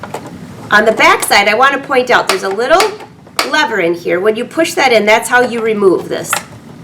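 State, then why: Not seated. A plastic embroidery attachment for an LB5000S sewing and embroidery machine is handled near the free-arm bed of the machine while someone talks, with a couple of brief sharp sounds at the very start. The attachment has not yet been slid on, and nothing has seated or clicked yet.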